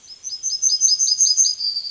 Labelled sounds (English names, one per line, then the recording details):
Yellowhammer song
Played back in forest
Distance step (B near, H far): B
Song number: 059